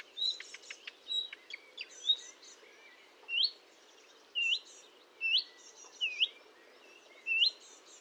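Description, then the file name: Marsh warbler song, spaced loud upslurred whistles and sharp chips separated by short gaps, with thin high notes between them. Recorded at Fontaine-Française (Fourneau), 1 June 2022 at 10:55, using Nagra and Telinga equipment. "Rousserolle verderolle 20220601 1055 Fontaine-Francaise-Fourneau-Nagra-Telinga"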